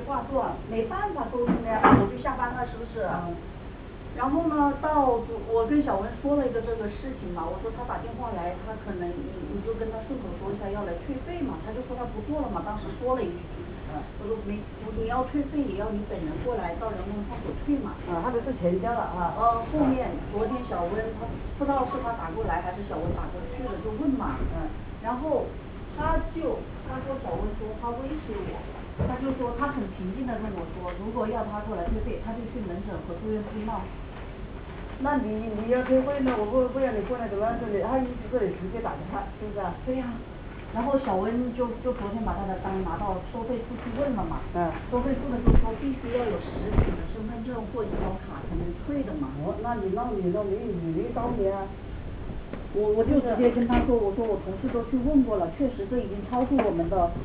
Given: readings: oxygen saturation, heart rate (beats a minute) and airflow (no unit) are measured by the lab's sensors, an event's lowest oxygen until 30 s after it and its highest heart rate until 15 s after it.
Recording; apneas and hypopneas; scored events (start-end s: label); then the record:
a person awake in a sleep study, by a voice recorder at the bedside; none
0.00-57.25 s: awake
From the record:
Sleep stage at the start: awake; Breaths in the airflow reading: 19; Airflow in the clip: -0.8 to 0.7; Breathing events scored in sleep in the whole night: 449 in 7.0 hours asleep